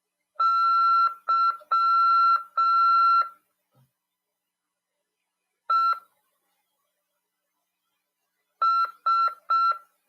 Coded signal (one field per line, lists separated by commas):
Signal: Morse code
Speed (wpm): 6 wpm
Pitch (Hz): 1350 Hz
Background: none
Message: YES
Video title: RADIOAMADOR 3/10/2022 "AULA 13: CW, C.RODADA e LEGISLAÇÃO" PY2EXU PAULO SP/SP 22 ANOS de RAF/CRASP.